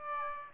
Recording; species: mosquito wingbeat signal from an infrared sensor; Aedes aegypti